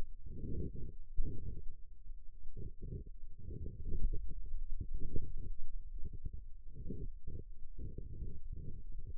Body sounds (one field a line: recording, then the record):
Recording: forearm muscle sounds (acoustic myography)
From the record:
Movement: pen grasping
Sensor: system 2, bracelet of six BSWA MPA416 microphones around the upper forearm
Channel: 6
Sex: male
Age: 22 years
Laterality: right